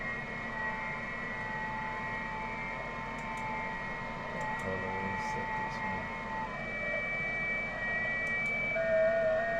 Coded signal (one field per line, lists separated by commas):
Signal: FT8